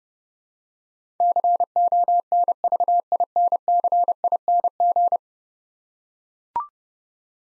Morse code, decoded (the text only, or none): CONVINCING